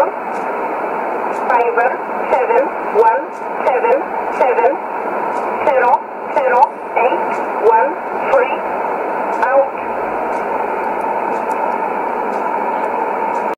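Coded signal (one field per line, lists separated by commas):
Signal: numbers station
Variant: E11 Oblique, English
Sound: voice reading short evenly spaced words, likely numbers, through shortwave static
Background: radio static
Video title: 15 03 2017 Numbers station E11 Oblique in English to Eu 0813 on 11450 in USB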